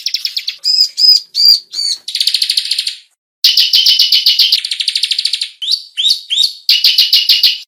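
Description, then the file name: Bar-winged prinia calling almost continuously: high chirps, dense buzzing trills and short whistled rising notes, strung together with hardly any gaps. Lure sound used to attract the bird. "suara pikat burung ciblek"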